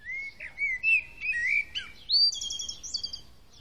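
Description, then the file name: Common blackbird delivering a continuous song phrase of low, mellow whistled notes that rise into a quick, high, squeaky twitter at the end. "Turdus merula"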